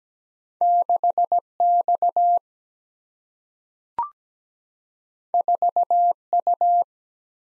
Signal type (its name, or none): Morse code